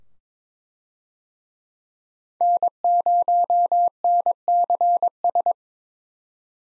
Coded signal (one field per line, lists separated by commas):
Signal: Morse code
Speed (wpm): 21 wpm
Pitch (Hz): 700 Hz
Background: none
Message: N0NCS